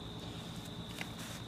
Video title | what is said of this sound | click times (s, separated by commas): Review of the Beretta ARX 100. | um stock folds nicely and locks into place very well | 1.0 s